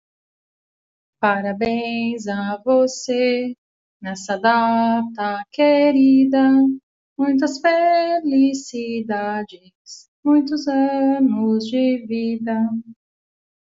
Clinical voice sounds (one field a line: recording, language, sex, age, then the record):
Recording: short text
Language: Brazilian Portuguese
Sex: female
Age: 30 to 39 years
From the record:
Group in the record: control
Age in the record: 34 years